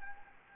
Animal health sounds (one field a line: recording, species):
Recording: mosquito wingbeat signal from an infrared sensor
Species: Anopheles gambiae